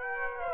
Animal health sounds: mosquito wingbeat signal from an infrared sensor; Aedes aegypti

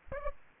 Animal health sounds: mosquito wingbeat signal from an infrared sensor; Aedes aegypti

